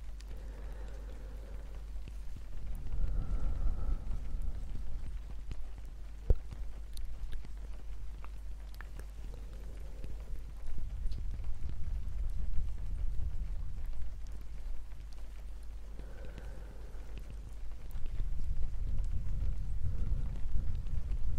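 Soft, uneven tapping in the rain over a deep, breathy rumble that swells and fades, with faint hums rising around three and seventeen seconds.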